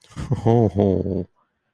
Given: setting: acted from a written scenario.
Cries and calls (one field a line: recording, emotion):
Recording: vocal sound without words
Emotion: desire